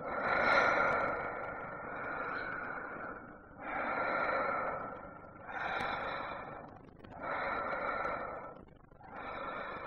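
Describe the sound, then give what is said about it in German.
A woman's slow, deep breaths rise and fall in a steady cycle, about five long inhales and exhales with an airy, slightly rasping texture and no talking. “Noch einmal das tiefe Atmen einer Frau zu hören.”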